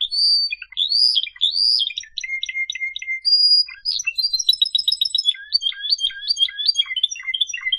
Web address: honarfardi Canary Sound